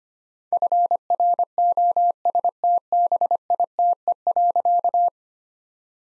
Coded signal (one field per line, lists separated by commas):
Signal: Morse code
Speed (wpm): 25 wpm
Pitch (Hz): 700 Hz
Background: none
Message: FROSTBITE.